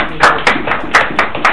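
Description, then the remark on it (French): An audience applauds for the brother in a steady rhythm, sharp bright claps landing about four times per second, fairly loud over a low background hum, with no talking. “Applaudissez pour le frère.”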